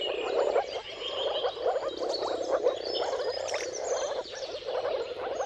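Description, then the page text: Moor frog chorus, many low gurgling calls overlapping steadily, with bird calls higher up. Mating calls of a moor frog chorus at sunrise, at the turn of March and April, depending on the weather. "Dawn’s Chorus: Mating Calls of Marsh Frogs at Sunrise. Depending on the weather at the turn of March and April, you can witness an amazing spectacle of moor frogs. Jakub Orzecki"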